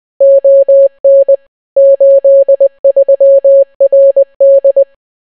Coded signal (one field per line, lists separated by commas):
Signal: Morse code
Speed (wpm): 20 wpm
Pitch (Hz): 550 Hz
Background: none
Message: ON 83RD